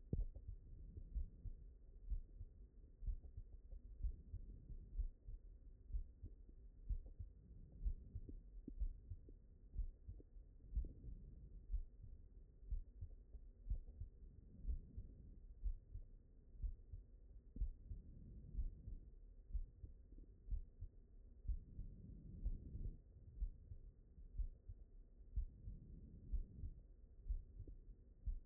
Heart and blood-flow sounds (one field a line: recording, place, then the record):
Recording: heart sounds by stethoscope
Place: mitral valve (MV)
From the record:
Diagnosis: non-HFrEF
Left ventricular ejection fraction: 66%